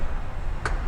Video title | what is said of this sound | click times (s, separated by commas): 2019 Mazda CX-5 GS Review - Park Mazda | locks into place and you're all good to go | 0.7 s